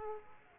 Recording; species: mosquito wingbeat signal from an infrared sensor; Aedes aegypti